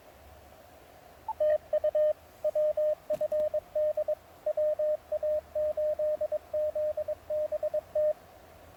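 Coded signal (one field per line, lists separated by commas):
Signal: Morse code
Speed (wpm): 23 wpm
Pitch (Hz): 610 Hz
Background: radio noise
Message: TU WFD WA8ZBT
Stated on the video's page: Winter Field Day operating in cold, snowy New Hampshire.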